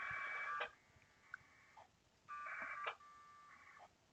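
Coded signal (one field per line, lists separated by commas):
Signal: packet radio (AX.25, as in APRS)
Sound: two short harsh warbling data bursts, each ending in a click, with faint echoes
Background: radio static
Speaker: a lot of modem fussing can we wait for it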